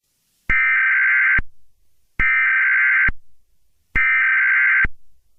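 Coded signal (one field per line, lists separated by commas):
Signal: Emergency Alert System (SAME) tones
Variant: header bursts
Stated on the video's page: Fictional EAS message made as a birthday greeting, not a real alert.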